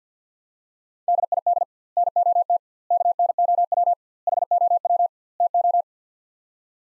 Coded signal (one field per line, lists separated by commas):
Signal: Morse code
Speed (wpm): 50 wpm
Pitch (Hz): 700 Hz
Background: none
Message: DID NOT KNOW HOW TO